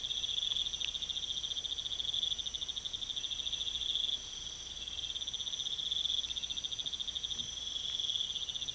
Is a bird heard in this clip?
no